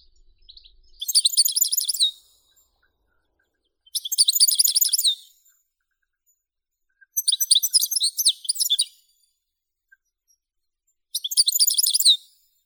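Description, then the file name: European goldfinch song in four separate bursts of rapid, tinkling high twitters, each lasting one to two seconds and coming about every three to four seconds. "Golosa ptic - CSHegol Carduelis carduelis"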